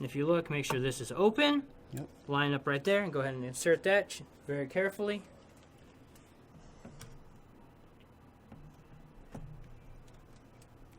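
Someone talks while a graphics card is lined up with the open PCIe slot on a motherboard and carefully inserted, followed by a few faint handling ticks and taps around 7.0, 8.5, 9.4, 10.1 and 10.6 seconds. The card has not yet been pushed home, and nothing has seated or clicked yet.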